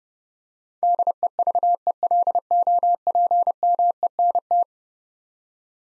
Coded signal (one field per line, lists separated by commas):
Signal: Morse code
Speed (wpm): 32 wpm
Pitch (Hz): 700 Hz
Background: none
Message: DEVELOPMENT